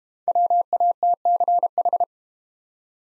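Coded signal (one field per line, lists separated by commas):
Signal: Morse code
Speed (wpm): 32 wpm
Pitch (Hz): 700 Hz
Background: none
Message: WATCH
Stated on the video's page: Morse practice set of easy words at 25 wpm with contextual hints.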